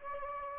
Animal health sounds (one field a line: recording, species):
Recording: mosquito wingbeat signal from an infrared sensor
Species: Anopheles gambiae